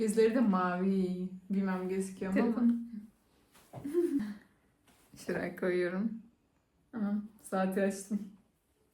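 A small toy part is being handled and set toward its slot while someone talks throughout. Nothing has seated or clicked yet; the clip ends before the part goes home.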